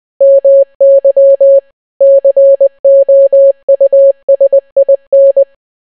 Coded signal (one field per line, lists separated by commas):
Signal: Morse code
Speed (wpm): 20 wpm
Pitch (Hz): 550 Hz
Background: none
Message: MY COUSIN